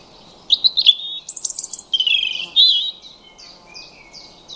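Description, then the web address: European robin song: a fluid phrase of high warbles, a thin buzzy bit and wavering slurs, ending with softer scattered notes. "cianscape birddata 2025 Bird Only Er Ru"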